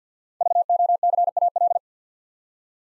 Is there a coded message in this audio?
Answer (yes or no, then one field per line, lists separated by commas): yes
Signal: Morse code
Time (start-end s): 0.4-1.8 s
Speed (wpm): 48 wpm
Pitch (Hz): 700 Hz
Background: none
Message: VOCAL